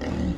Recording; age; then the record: pig call; growing-finishing pig (85 days or more)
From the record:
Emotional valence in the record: negative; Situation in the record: barren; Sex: female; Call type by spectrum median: low-frequency call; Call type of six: low-frequency modulated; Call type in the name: low-frequency modulated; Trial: 1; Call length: 0.38 s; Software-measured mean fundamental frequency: 63 Hz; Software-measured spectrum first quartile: 136 Hz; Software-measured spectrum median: 249 Hz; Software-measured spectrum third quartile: 558 Hz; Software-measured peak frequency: 173 Hz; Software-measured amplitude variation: 146 dB a second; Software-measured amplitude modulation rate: 26.5 a second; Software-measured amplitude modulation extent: 5.5 dB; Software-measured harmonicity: -2.6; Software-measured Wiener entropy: -0.81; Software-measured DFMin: 871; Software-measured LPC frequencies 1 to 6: 1937, 2867, 3718, 4893, 6212, 9022 Hz